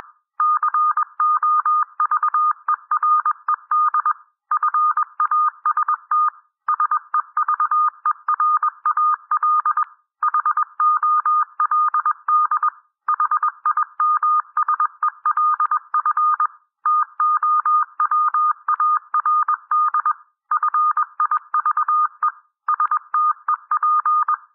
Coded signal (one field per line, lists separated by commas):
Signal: Morse code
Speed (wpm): 21 wpm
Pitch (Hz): 1220 Hz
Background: none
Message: COVERED FAST SEVERAL HOLD HIMSELF TOWARD FIVE STEP